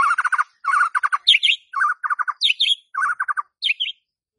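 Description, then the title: White-rumped shama song: rapid bursts of trilled notes near the low-middle range alternating with higher whistled phrases, delivered in quick clusters with short pauses. Lure to get a stressed or silent White-rumped shama singing. "PANCINGAN Murai Batu STRES & MACET"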